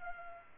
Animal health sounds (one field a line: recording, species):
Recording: mosquito wingbeat signal from an infrared sensor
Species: Culex pipiens